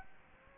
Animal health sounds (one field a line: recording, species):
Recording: mosquito wingbeat signal from an infrared sensor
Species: Aedes aegypti